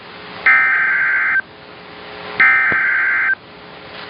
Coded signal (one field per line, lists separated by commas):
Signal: Emergency Alert System (SAME) tones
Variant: header bursts